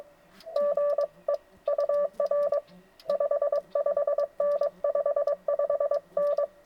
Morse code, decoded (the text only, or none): GE UR 55N 55N